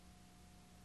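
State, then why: Not seated. An embroidery hoop with fabric pulled tight in it is being slid onto the embroidery unit arm of a Husqvarna Viking Designer 1 sewing machine. Only a steady broadband hiss with low hum tones is heard, with no distinct hits. Nothing has locked or seated yet.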